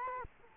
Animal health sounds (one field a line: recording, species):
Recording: mosquito wingbeat signal from an infrared sensor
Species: Culex quinquefasciatus